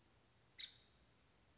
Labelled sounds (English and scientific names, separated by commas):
Nuttall's Woodpecker (Dryobates nuttallii)